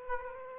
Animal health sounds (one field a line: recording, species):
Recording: mosquito wingbeat signal from an infrared sensor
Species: Aedes aegypti